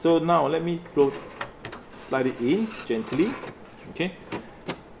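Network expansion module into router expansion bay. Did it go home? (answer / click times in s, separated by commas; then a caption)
yes / 4.7 s. An 8-port PoE expansion module, the Peplink EXM-8C, is slid gently by hand into the expansion bay of a Peplink SDX Pro router while someone talks. A short, sharp click at 4.7 s marks the module's connector seating in the slot.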